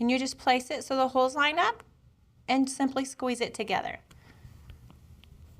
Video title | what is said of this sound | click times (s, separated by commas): Helpful Heifer Passport Wallet | you should hear a nice click and it's nice and secure in place | 5.2 s